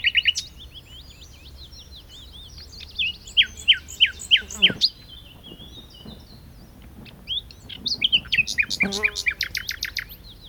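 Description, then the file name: Common nightingale singing varied phrases: bursts of quick repeated whistled notes, scratchy trills and buzzy twitters, broken by short pauses, with one sharp click midway. "Luscinia megarhynchos"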